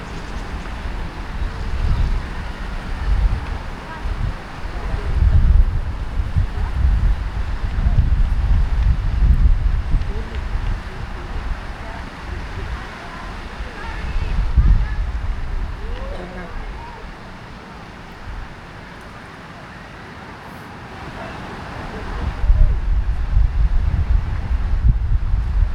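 A fountain sprays water at a distance, giving a steady hissing wash under rumbling low gusts that swell around 2–6, 14–15 and after 22 seconds. Faint children's voices and speech drift through now and then, with a quieter lull near 18–21 seconds.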